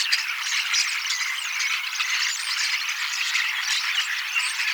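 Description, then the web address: Common starlings giving a dense, continuous chattering warble of squeaks, rattles and whistles, several birds seemingly at once without a break. Recorded 18 October 2024; the recordist believes these are young starlings practising their song, singing and imitating several species a little. "paivat 18 10 2024 kasittaakseni kottaraisnuoret laulavat lauluharjoittelevat useita lajeja matkivat hiukan"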